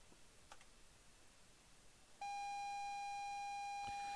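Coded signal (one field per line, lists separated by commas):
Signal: ZX Spectrum tape loading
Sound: quiet hiss and faint clicks, then a steady buzzy 800 Hz lead tone with a click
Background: tape hiss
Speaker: try that again. Stop. Load. Dit.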